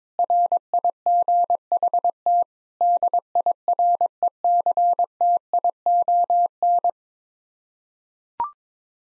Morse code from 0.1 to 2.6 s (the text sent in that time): RIGHT